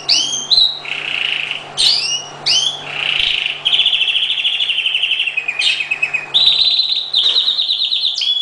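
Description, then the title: Oriental magpie-robin singing a varied string of loud whistled phrases, sharp upslurred notes and rapid rattling trills, switching pitch every second or so, with a faint steady low hum beneath. Chirping. "Kicau Kacer"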